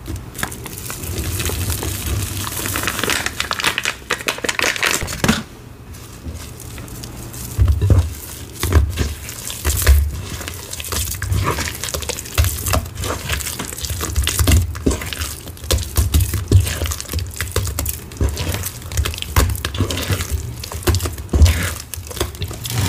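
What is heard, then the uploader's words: Soft chalk is crushed and mixed into paste by hand, a dense run of crumbly crackles and squishy rubbing with a steady low hum. Soft Chalk Crushed into Intense Red Holi Paste. Oddly Satisfying Hand Mixing Paste. Crushing soft chalk into intense red Holi powder paste. Soft chalk crumbling sounds, paste mixing sounds, reforming.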